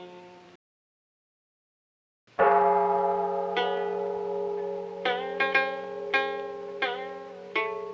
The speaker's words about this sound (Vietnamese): Ôi nghe chuông đổ vang rền nơi cửa Phật